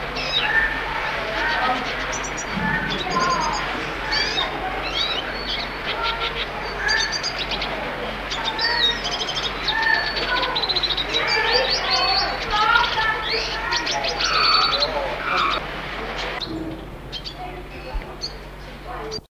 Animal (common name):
Red Siskin